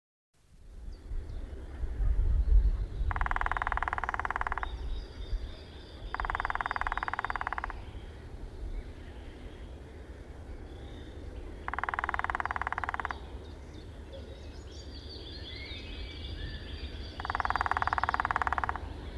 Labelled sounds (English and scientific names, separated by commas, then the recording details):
Lesser Spotted Woodpecker (Dendrocopos minor) drumming
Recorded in the wild
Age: adult
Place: Zukowo, PL
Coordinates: 54.34, 18.365
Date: 1966-05-12 12:55
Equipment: Nagra III BH
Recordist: Schubert, Michael